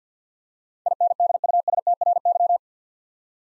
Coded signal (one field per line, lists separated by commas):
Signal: Morse code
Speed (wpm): 48 wpm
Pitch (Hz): 700 Hz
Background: none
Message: INDUSTRY